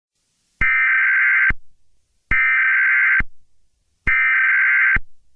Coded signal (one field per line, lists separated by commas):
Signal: Emergency Alert System (SAME) tones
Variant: header bursts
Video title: Plant Anomaly (A fictional EAS scenario)